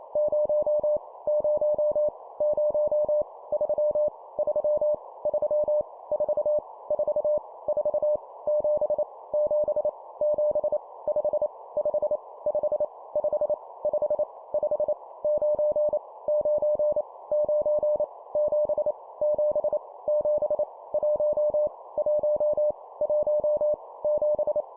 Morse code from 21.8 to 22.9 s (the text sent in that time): 1